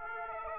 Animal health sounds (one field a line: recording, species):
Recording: mosquito wingbeat signal from an infrared sensor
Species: Aedes aegypti